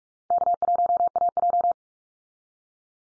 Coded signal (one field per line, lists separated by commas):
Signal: Morse code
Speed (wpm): 44 wpm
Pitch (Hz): 700 Hz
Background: none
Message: K1AJ